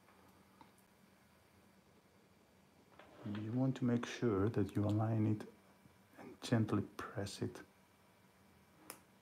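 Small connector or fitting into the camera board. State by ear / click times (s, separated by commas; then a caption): seated / 8.9 s. Someone talks while a small connector or fitting is aligned on an OpenIPC camera board, pressed gently and rotated. A sharp single click at 8.9 s shows it is seated in place.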